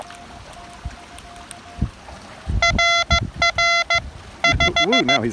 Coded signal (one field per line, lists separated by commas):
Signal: Morse code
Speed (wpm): 15 wpm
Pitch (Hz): 2050 Hz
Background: speech, music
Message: RR 5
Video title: A windy, creekside QRP activation of Pisgah National Forest with the TX-500, ZM-2, and PackTenna 9:1